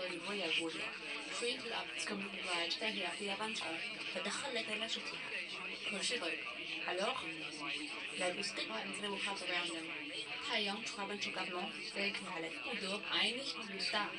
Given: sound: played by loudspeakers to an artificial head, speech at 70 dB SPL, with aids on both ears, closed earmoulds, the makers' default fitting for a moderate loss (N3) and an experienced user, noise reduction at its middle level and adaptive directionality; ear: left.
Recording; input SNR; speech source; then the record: speech test signal (ISTS) in cocktail-party noise; +6 dB; on the right (90 degrees)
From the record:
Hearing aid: class 2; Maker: C